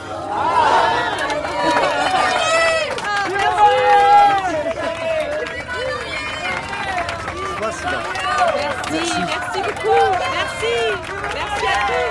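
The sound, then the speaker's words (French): A lively crowd of friends and passers-by waiting outside a church for a newly married young couple, many voices overlapping in excited chatter and calls, steady and fairly loud throughout with no single speaker standing out. “Heureusement, dehors, les attendent foule d'amis et de passants.”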